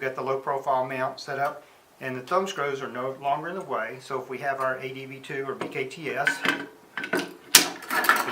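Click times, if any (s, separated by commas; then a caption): 7.6 s. A Bowens-type speedlight adapter is pushed and twisted into a 5 1/2 inch (139 mm) low-profile Bowens mount insert for a Paul C. Buff softbox, with the thumbscrews moved out of the way. Someone talks throughout, and a few small handling clicks come before a sharp mechanical click at 7.6 s as the adapter locks in place perfectly.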